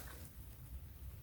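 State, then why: Not seated. A phone holder for an Inatech windshield car mount is handled as it is being pressed onto the mount's ball joint, giving only low, steady rumbling and faint handling noise with no sharp transient. Nothing has seated or clicked yet; the clip ends just before the holder snaps home.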